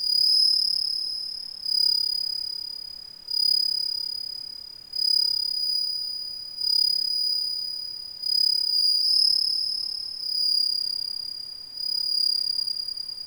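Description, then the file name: Bell cricket song: high ringing trills in bursts roughly every one and a half to two seconds, each starting loud and fading, over a quiet background. "suzumushi"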